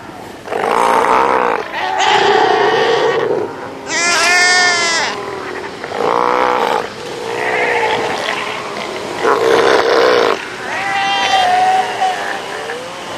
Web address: earth naturelibrary. south american sea lion